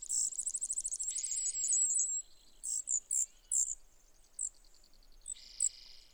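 Brewer's sparrow song: a rapid high trill and a buzzy section, followed by separate sharp, high notes.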